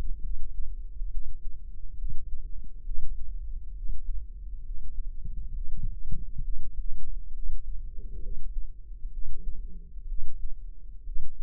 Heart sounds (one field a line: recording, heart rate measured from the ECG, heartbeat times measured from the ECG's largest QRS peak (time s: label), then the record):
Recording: heart sounds by microphone in the left ear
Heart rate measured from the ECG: 67 bpm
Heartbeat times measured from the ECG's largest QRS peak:
0.22 s: heartbeat
1.10 s: heartbeat
1.96 s: heartbeat
2.84 s: heartbeat
3.75 s: heartbeat
4.64 s: heartbeat
5.53 s: heartbeat
6.42 s: heartbeat
7.32 s: heartbeat
8.21 s: heartbeat
9.11 s: heartbeat
10.07 s: heartbeat
11.04 s: heartbeat
From the record:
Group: healthy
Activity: Valsalva maneuver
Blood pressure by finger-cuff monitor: 107/66 mmHg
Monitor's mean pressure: 78 mmHg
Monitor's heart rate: 67 bpm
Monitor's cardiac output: 5.5 L/min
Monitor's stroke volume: 81 mL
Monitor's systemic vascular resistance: 1010 dyn s/cm5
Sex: female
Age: 22 years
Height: 160 cm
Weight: 45 kg